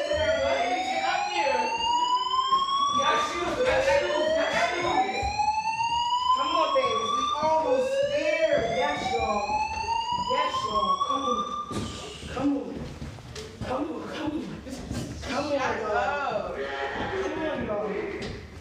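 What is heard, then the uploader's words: A fire alarm whoops in repeated rising sweeps every few seconds until about twelve seconds, over continuous chatter and street noise that carries on after. Sounds of Philadelphia, including a fire alarm, love park, and from bicycling around Philly.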